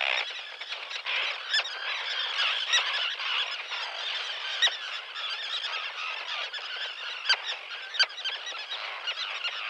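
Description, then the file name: Common terns giving a dense, continuous chorus of harsh, squealing calls that overlap throughout, with a few sharper cries standing out near the end. "dan gibsons solitudes common tern"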